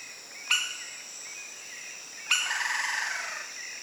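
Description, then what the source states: Lineated woodpecker: a sharp harsh note, then about two seconds later another that runs into a fast, fading rattle, with an insect buzz throughout. Recorded 8 September 2010.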